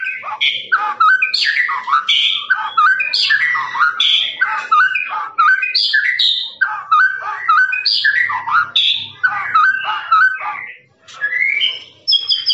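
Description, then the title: Lovebird song, a dense chatter of squeaky, buzzy notes jumping between low and high pitches. Lovebird's long ngekek song, used as a master recording for training birds. "FULL DURASI MASTERAN LOVEBIRD NGEKEK PANJANG"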